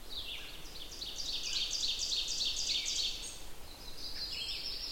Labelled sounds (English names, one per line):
Ovenbird song